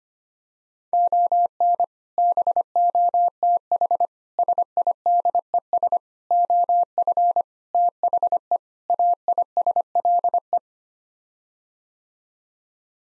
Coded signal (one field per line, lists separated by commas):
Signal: Morse code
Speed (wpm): 25 wpm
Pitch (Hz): 700 Hz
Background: none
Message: ON BOTH SIDES OF THE AISLE